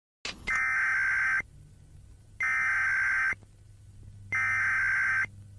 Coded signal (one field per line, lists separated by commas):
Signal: Emergency Alert System (SAME) tones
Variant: header bursts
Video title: (EAS SCENARIO #11) Prejudice